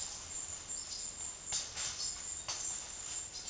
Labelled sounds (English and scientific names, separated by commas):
none